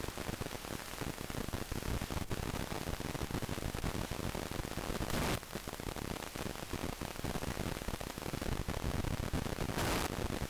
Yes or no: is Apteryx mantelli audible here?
no